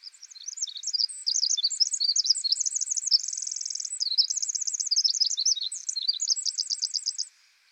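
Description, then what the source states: Pacific wren song, a long bubbling stream of high, quick notes with a fast buzzy trill partway through, ending in evenly repeated chips. Very loud, lively and incessantly vocal, with unique vocalizations.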